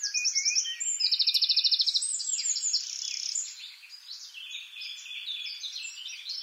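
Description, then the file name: Eurasian wren song: a quick string of sharp notes runs into a loud, even, rapid trill, followed by a tangle of other high bird calls. "Troglodytes troglodytes"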